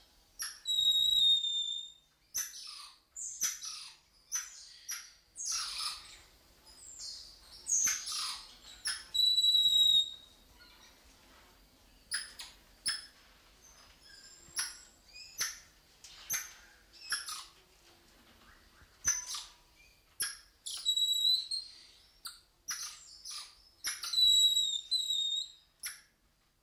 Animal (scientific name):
Leontopithecus rosalia